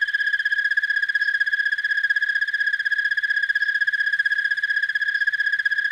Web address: The Songs of Insects. Broad-winged Tree Cricket